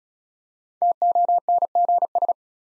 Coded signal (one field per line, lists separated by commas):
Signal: Morse code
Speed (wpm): 35 wpm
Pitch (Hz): 700 Hz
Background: none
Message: TONGS